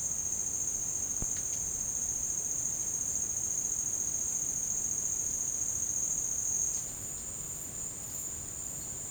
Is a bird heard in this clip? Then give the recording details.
no. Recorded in dense forest near Puerto Asís, Putumayo, Colombia, on 23 June 2025 at 12:30. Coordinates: 0.486, -76.317. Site G065